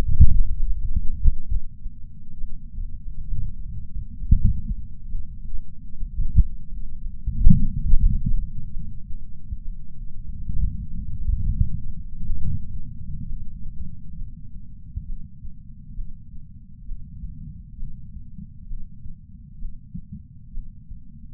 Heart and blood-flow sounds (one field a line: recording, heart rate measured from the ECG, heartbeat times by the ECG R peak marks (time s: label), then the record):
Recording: heart sounds by patch sensor on the chest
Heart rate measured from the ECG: 66 bpm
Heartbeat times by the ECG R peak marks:
0.57 s: heartbeat
1.47 s: heartbeat
2.38 s: heartbeat
3.27 s: heartbeat
4.18 s: heartbeat
5.09 s: heartbeat
5.99 s: heartbeat
6.90 s: heartbeat
7.81 s: heartbeat
8.71 s: heartbeat
9.63 s: heartbeat
10.53 s: heartbeat
11.43 s: heartbeat
12.35 s: heartbeat
13.26 s: heartbeat
14.17 s: heartbeat
15.06 s: heartbeat
15.95 s: heartbeat
16.86 s: heartbeat
17.77 s: heartbeat
18.68 s: heartbeat
19.59 s: heartbeat
20.52 s: heartbeat
From the record:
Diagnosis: coronary artery disease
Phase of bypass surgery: preoperative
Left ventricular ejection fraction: 36.6%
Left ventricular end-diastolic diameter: 43 mm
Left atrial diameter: 33 mm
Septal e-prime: 3.9 cm/s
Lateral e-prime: 8 cm/s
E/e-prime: 10.3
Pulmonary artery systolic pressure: 22 mmHg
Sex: female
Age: 80 years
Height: 150 cm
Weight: 49 kg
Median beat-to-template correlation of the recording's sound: 0.90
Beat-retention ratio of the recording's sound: 0.98